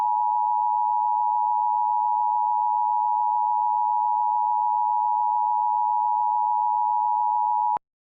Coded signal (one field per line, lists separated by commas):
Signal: Emergency Alert System (SAME) tones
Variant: 853 and 960 Hz attention tone